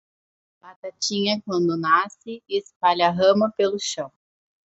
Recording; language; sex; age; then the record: short text; Brazilian Portuguese; female; 20 to 29 years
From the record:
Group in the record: control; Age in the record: 27 years